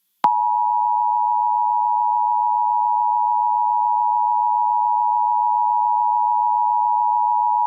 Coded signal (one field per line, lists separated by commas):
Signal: Emergency Alert System (SAME) tones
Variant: 853 and 960 Hz attention tone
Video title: KETV Emergency Alert System - Nebraska Required Monthly Test [June 21, 2022]